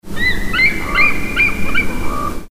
Sound recording of bald eagle, Yellowstone National Park, Wyoming.